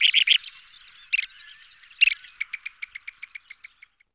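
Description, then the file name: Kentish plover calls: a few harsh buzzy notes, then a regular series of short clicking ticks, fading out. "fratino"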